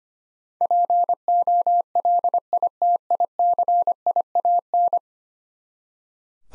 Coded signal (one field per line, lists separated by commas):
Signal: Morse code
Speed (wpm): 25 wpm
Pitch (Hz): 700 Hz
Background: none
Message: POLITICIAN